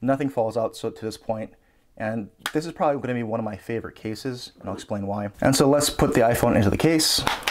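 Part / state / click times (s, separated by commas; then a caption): smartphone into a wallet phone case / not seated / none. Someone talks while an iPhone 11 Pro is handled and brought to a card-style wallet phone case with a soft velvet-like lining, with some handling noise near the end. Nothing has seated or clicked yet; the phone is not home in the case when the clip ends.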